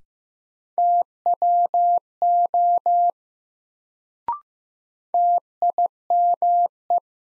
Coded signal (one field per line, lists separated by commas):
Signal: Morse code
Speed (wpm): 15 wpm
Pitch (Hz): 700 Hz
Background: none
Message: TWO TIME